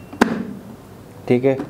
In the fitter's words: आपका ऊपर हो गया और इसकी ग्रेवी बहुत मजबूत है गरारी आप इसकी आवाज सुन सकते होंगे ठीक